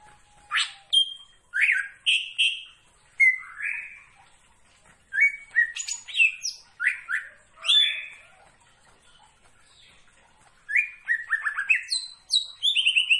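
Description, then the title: Greater green leafbird song: varied bursts of rising and falling whistles and chirps, with rapid trilled runs near the end and short pauses between phrases. Singing actively. "Cucak Ijo Gacor"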